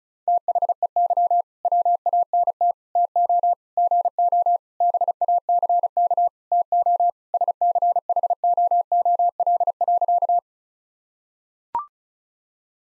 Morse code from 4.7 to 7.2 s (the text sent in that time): BACK TO